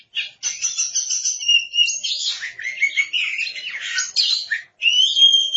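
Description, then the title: Oriental magpie-robin singing a rich, continuous medley of whistled and buzzy notes, sliding up and down, with a brief pause before a final bright phrase. "Suara Kicauan Burung Kacer"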